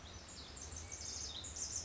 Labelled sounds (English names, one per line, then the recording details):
Pacific Wren
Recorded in Sonoma County, California